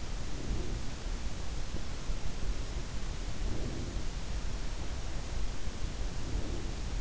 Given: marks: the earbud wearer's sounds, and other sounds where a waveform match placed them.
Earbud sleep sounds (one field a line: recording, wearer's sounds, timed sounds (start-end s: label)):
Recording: sounds in sleep by an in-ear microphone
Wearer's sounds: breath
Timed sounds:
0.01-1.16 s: breath
3.20-4.31 s: breath
6.01-6.98 s: breath